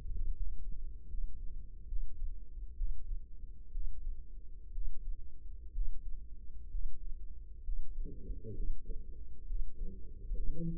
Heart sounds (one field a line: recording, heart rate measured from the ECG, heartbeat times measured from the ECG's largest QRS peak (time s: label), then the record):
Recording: heart sounds by microphone in the left ear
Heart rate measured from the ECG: 66 bpm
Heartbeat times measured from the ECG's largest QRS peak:
0.33 s: heartbeat
1.07 s: heartbeat
1.86 s: heartbeat
2.75 s: heartbeat
3.71 s: heartbeat
4.71 s: heartbeat
5.71 s: heartbeat
6.69 s: heartbeat
7.62 s: heartbeat
8.53 s: heartbeat
9.45 s: heartbeat
10.33 s: heartbeat
From the record:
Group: healthy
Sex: male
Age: 35 years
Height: 178 cm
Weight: 64 kg